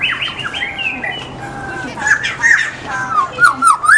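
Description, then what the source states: White-rumped shama song, a mix of buzzy, whistled and slurred phrases, growing louder toward the end with rapid varied notes. In the forest.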